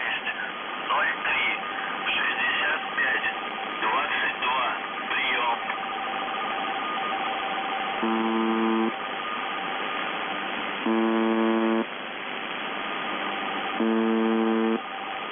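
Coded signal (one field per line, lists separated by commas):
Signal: numbers station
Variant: UVB-76 (The Buzzer)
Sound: faint voice through static, then three one-second harsh buzzes about three seconds apart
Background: radio static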